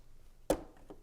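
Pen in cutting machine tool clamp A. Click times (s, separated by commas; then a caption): 0.5 s. A capped-off bonus pen is placed into the open tool clamp A of a Cricut Maker 4 cutting machine and pushed down. It seats with a sharp click at 0.5 s, followed by two fainter ticks at about 0.8 and 0.9 s. The pen is confirmed seated in the clamp.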